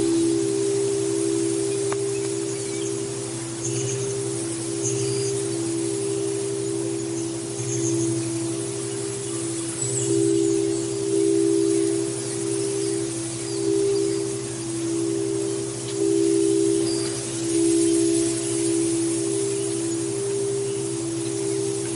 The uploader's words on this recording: 8-14 Hz - Alpha - Light Breeze with singing bowls in the Redwood Trees.